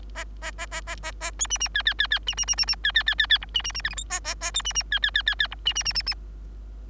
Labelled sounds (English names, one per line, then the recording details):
Bengalese Finch song
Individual Bird3